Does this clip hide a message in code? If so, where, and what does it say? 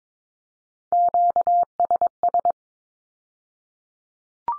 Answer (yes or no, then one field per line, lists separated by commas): yes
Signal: Morse code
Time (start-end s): 0.9-2.5 s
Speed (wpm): 22 wpm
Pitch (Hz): 700 Hz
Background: none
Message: QSS